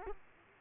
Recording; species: mosquito wingbeat signal from an infrared sensor; Aedes aegypti